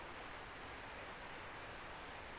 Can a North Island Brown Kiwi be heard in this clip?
no